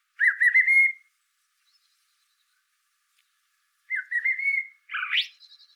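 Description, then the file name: Eurasian blackbird giving two warbled, slightly rising phrases separated by a long silence, the second followed by a sharp high squeaky flourish. "Turdus merula"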